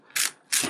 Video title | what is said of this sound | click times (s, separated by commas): Go-Busters DX BUSTER HERCULES: EmGo's Super Sentai Reviews N' Stuff | that. That will lock into place. | 0.1 s